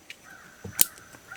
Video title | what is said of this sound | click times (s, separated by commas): How To Replace A Ford Truck Seat Switch 2008-2010 F-250 - 450 | hear that click. Give it a little pull, make sure it's locked in there. | 0.8 s